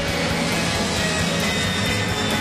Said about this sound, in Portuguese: Anote quantas vezes você ouve passar o avião do Estádio 97.